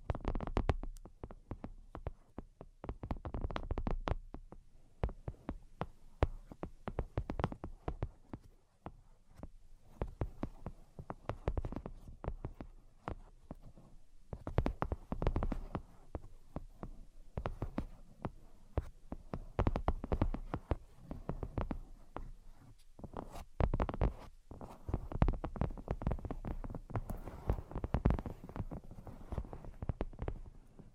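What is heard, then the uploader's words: Dense, irregular tapping in rapid bursts with brief pauses, low thumping hits mixed with sharper clicks, continuing steadily across the whole stretch. Brain Penetrating 3D Tapping. (No Talking).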